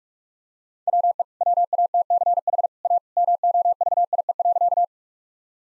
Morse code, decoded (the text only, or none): WE WATCH A MOVIE.